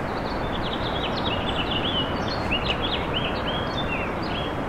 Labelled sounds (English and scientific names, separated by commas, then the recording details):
House Finch (Haemorhous mexicanus) song
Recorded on Long Island, New York, on 21 April 2011
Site SR
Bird E